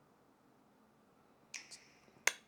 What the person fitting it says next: You heard that clicky?